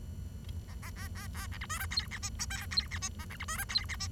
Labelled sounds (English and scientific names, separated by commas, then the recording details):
Bengalese Finch (Lonchura striata domestica) song
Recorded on 23 June 2012 at 08:30
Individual gr41rd51